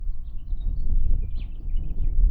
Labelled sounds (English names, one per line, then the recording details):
House Finch song
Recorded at Point Lookout on Long Island, New York, on 2 June 1975
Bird D